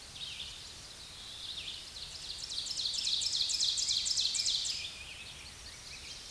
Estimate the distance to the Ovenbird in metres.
about 40 m